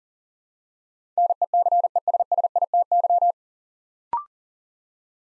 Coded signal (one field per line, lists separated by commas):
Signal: Morse code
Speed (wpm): 40 wpm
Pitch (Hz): 700 Hz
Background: none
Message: NECESSITY